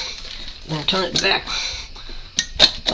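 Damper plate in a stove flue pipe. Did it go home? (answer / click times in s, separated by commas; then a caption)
yes / 2.4 s, 2.9 s. A metal damper plate inside a stove flue pipe is turned back 180 degrees and pulled back while someone talks. Sharp metallic clinks ring out at 2.4 s and 2.9 s as the damper locks into place.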